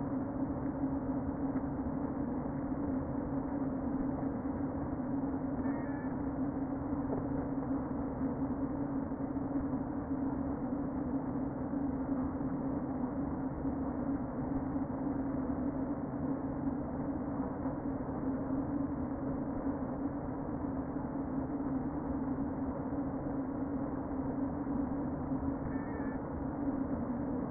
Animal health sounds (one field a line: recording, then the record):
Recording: honeybee colony, microphone inside the hive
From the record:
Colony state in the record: queen present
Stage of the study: before two queens were removed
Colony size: about 60,000 bees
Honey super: yes